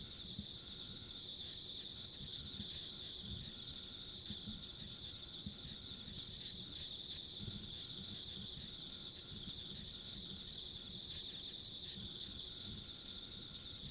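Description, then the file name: Steady insect chorus, a high rapid trill never stopping, faint thinner chirring above it and low background rumble. Ambient sound of insects along a rural country road. "田舎道の虫の環境音"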